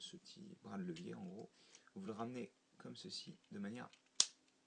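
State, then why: Seated. During the conversion of a transforming robot figure, a small plastic lever arm is swung back into the figure's body until it locks in place, so that the lock can be heard. Someone talks throughout, then a sharp, short snap at 4.2 s marks the arm seating in its locked position.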